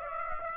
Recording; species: mosquito wingbeat signal from an infrared sensor; Aedes aegypti